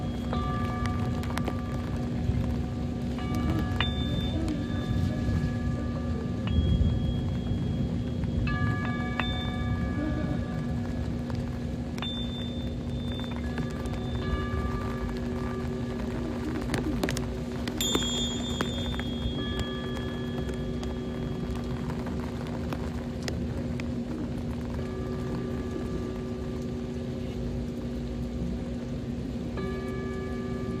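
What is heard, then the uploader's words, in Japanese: Sustained singing bowl tones ring over a steady, dense wash of rain and rolling water. The clear, bright ringing notes enter and fade every few seconds, layered on a constant low rumble, with a heavier swell near 7 seconds and a sharper burst around 18. 雨のビーチで稲光を眺めつつシンギングボウルのサウンドヒーリング。メキシコ。雨音、雷鳴、波音とシンギングボウルのコラボレーション。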